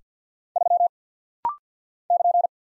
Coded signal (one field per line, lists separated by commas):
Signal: Morse code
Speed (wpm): 50 wpm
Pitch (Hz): 700 Hz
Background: none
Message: 3 <KN>